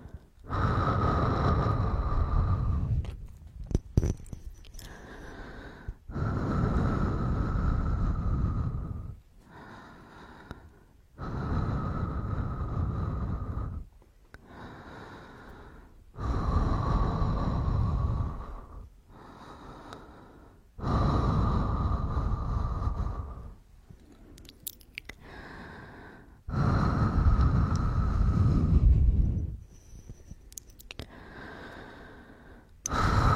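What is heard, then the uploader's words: Heavy breathing in long, rough, hissing breaths of about three seconds each, repeating at a steady pace every five seconds or so. Each breath has a low, rushing rumble with a faint whistling tone. Short sharp gasps and clicks break the quieter gaps between breaths. The sound of breathing and gasping.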